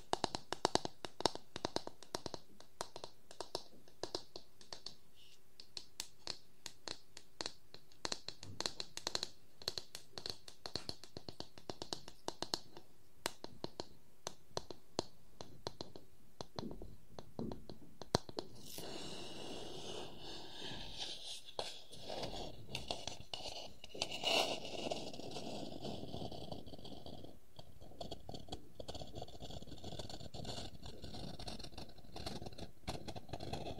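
Wooden objects tap and scratch in quick, uneven clusters, many sharp clicks packed densely through the first eighteen seconds. After that the sound turns to longer, rougher scraping strokes with fewer taps, and a faint steady hum sits underneath throughout.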